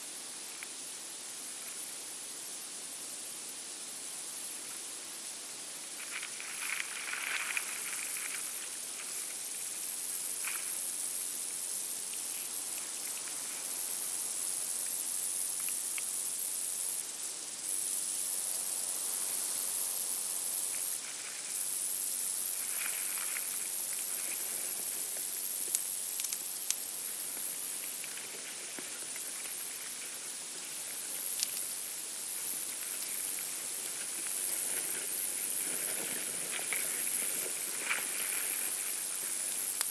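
A summer field recording from Badbury Rings, Dorset, made of a steady, even hiss with a thin, very high whine running throughout. Faint, brief mid-pitched chirps and rustles surface now and then, around 7, 23 and 37 seconds, without breaking the constant bed.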